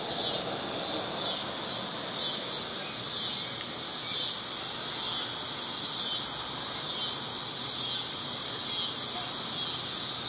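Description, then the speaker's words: Annual cicadas droning, a steady high buzzing chorus that pulses in waves over a broad background hiss. Annual cicadas in Chicago, middle to end of summer; mature cicada over an inch long, about half an inch thick, two sets of wings, no red eyes. "Those are the annual cicadas you hear."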